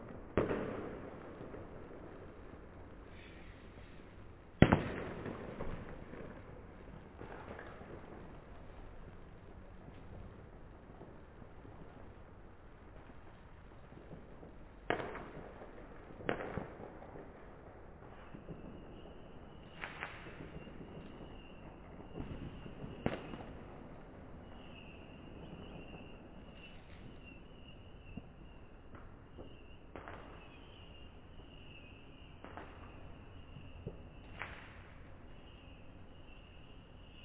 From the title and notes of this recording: This was Tübingen last new years eve: an impressively loud fireworks display all up and down the valley.